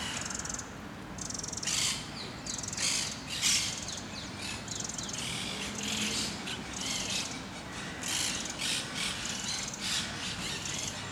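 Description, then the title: Parakeets giving harsh, grating screeches and squawks at irregular intervals, over a low rumble. Parakeets in Parc de Forest, Saint-Gilles, Belgium; recorded with a Sony PCM-D100, internal microphones in wide position. "Parc de Forest, 1060 Saint-Gilles, Belgique - Parakeets - Perruches"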